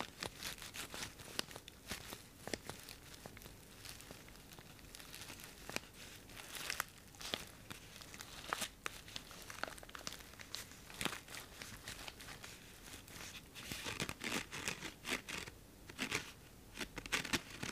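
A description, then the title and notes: Tapping and scratching on assorted objects, with dense, irregular clicks and crinkly rustles that never settle into a steady rhythm. Sharper taps stand out every second or so, especially around 6–9 and 14–17 seconds. Tapping and Scratching unusually items.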